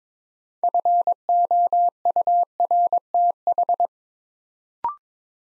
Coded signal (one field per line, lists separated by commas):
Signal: Morse code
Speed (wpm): 22 wpm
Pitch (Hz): 700 Hz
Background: none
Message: FOURTH